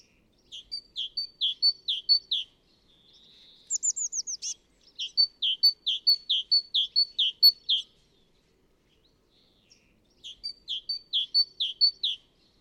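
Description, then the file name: Great tit repeating rapid two-part chipping notes in bursts, broken by a short run of thin high descending notes, then pausing before another burst; nothing else audible. "Parus major"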